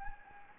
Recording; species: mosquito wingbeat signal from an infrared sensor; Anopheles gambiae